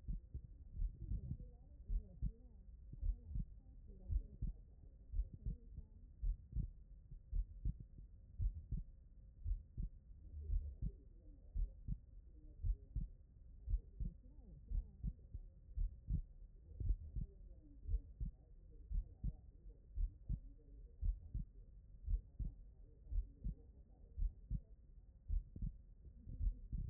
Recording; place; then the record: heart sounds by stethoscope; tricuspid valve (TV)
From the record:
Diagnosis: non-HFrEF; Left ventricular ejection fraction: 54%